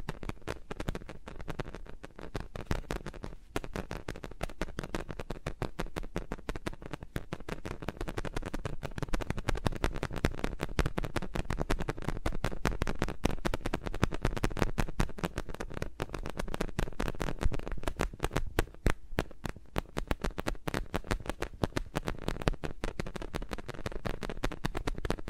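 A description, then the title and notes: Fingers move around microphones, making a dense, unbroken stream of crackly taps, rubs and clicks. The patter stays busy and fairly even for the whole stretch, with low thumps and bright ticks mixed together and no voice at any point. ASMR with Mics Around My Fingers (No Talking).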